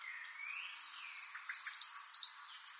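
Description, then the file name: European robin phrase opening with a soft low rising whistle, then several very high thin notes and a quick run of sharp ticking trills. "Erithacus rubecula"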